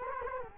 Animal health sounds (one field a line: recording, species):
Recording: mosquito wingbeat signal from an infrared sensor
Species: Culex quinquefasciatus